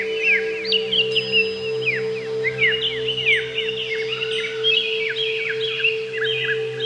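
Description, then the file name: Greater green leafbird song: quick sequences of downward-sweeping whistled notes and twittering, continuous throughout, with an unbroken low hum underneath. "cucak ijo"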